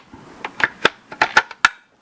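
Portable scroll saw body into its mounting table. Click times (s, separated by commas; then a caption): 1.7 s. A small, lightweight portable scroll saw is lined up in the slots of its plastic and metal table and pushed down, producing a series of sharp knocks and clatters at about 0.5, 0.6, 0.9, 1.2 and 1.4 seconds. The loudest, sharpest snap comes at 1.7 seconds as the saw locks into place on the table.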